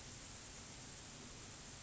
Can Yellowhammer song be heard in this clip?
no